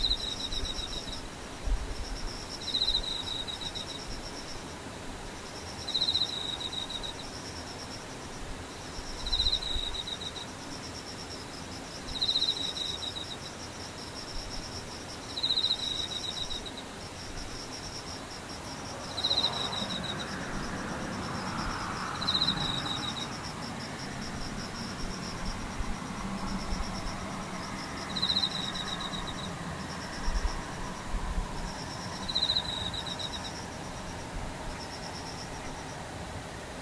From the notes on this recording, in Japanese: ムシ